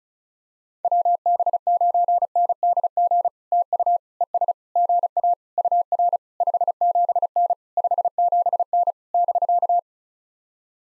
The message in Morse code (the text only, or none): WB9NDG TU ES GA UR 57N 57N <BK>